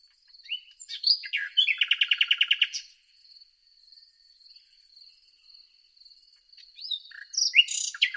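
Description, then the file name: Common nightingale phrase: a few sharp notes then a fast, even series of about a dozen repeated throbbing notes, a pause, and another scratchy burst at the end. "Luscinia megarhynchos"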